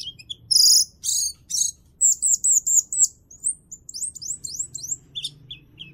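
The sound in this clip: Bird singing loud buzzy bursts, then a fast chattering string of sharp downslurred high chirps that slows and fades at the end.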